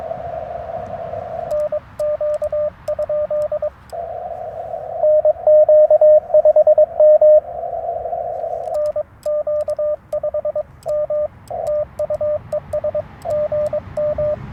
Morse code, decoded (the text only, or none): NQ? NQ5M NQ5M TU ES GM